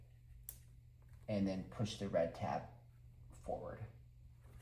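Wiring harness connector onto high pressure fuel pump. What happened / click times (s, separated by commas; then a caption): The connector clicked into place / 0.5 s. A rear wiring harness connector is pushed onto the high pressure fuel pump of an Audi RS5 B9.5/9, giving a sharp, short click at 0.5 s as it seats. Someone then talks while the red secondary tab is locked.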